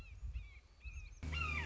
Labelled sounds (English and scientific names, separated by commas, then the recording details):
Red-shouldered Hawk (Buteo lineatus)
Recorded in Sonoma County, California